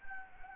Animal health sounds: mosquito wingbeat signal from an infrared sensor; Anopheles gambiae

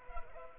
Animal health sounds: mosquito wingbeat signal from an infrared sensor; Culex pipiens

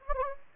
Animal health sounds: mosquito wingbeat signal from an infrared sensor; Anopheles gambiae

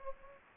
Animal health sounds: mosquito wingbeat signal from an infrared sensor; Anopheles gambiae

